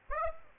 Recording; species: mosquito wingbeat signal from an infrared sensor; Aedes aegypti